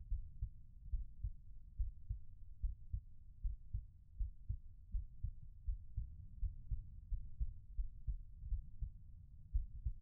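Low, muffled thumps recur at roughly 80 beats a minute in paired lub-dub beats with slightly uneven spacing, a steady, ordinary-sounding heartbeat.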